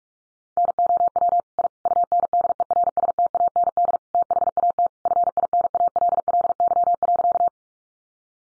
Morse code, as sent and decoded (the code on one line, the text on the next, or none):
-. --- .-- / .. / ..- -. -.. . .-. ... - .- -. -.. / - .... .- - / ..-. .. -. .- .-.. .-.. -.-- .-.-.-
NOW I UNDERSTAND THAT FINALLY.